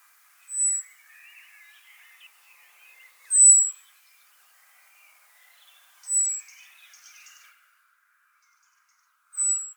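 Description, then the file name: Common blackbird calls: thin, very high drawn-out seee notes, four in about ten seconds, over soft, warbling birdsong. "Turdus merula"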